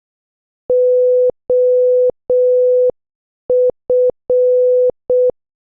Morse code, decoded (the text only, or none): OF